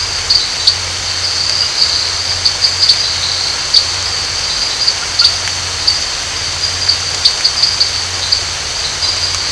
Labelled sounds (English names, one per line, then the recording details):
none
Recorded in dense forest near Puerto Asís, Putumayo, Colombia, on 19 March 2025 at 23:00
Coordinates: 0.468, -76.322
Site GP01